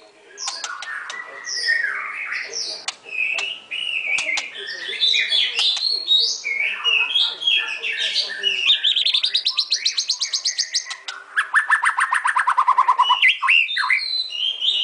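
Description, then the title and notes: White-rumped shama song of mixed whistles and chatters, including a fast buzzing trill and a rapid rattling series late. Masteran (training) song used for teaching. "Murai Batu Album 01. Masteran Murai Batu"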